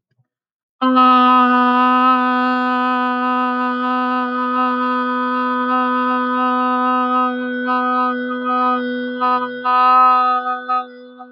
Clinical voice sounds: vowel held as long as possible; female; 30 to 39 years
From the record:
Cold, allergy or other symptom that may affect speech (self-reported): no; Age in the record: 36 years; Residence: Pennsylvania, United States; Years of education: 16

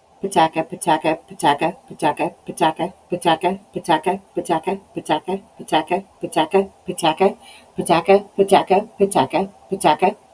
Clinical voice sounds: repeated syllables /pa ta ka/; female; 40 to 49 years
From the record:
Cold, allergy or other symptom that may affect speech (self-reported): no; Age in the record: 41 years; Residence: Arkansas, United States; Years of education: 14

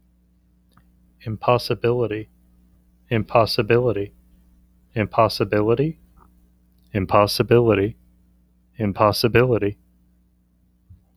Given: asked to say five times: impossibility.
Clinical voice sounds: repeated word; male; 30 to 39 years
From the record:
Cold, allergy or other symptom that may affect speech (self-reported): no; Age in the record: 38 years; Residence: Kansas, United States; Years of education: 13

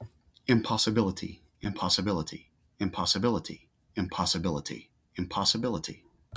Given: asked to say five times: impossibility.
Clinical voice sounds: repeated word; male; 30 to 39 years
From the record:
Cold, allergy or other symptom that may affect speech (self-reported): no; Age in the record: 38 years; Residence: Georgia, United States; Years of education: 24

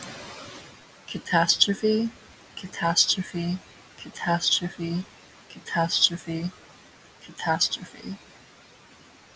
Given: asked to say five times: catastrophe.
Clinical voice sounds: repeated word; female; 20 to 29 years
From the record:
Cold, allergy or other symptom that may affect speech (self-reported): no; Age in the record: 21 years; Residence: South Carolina, United States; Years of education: 16

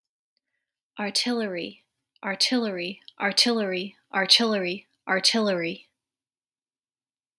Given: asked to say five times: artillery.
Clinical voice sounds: repeated word; female; 30 to 39 years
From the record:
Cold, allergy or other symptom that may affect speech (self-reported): no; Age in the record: 35 years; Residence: United States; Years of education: 17

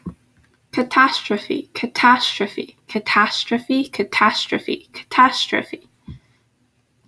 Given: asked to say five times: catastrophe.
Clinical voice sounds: repeated word; female; 20 to 29 years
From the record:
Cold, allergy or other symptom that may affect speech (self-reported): no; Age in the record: 21 years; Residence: North Carolina, United States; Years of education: 15

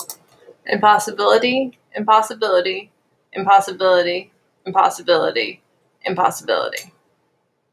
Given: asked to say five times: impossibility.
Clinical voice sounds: repeated word; female; 30 to 39 years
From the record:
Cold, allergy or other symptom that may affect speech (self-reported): no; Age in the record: 33 years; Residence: Pennsylvania, United States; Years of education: 16

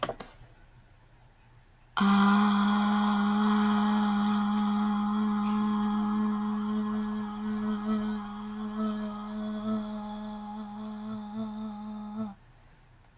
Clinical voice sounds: vowel held as long as possible; female; 20 to 29 years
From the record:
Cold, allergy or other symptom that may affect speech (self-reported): no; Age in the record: 22 years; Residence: Texas, United States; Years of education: 16

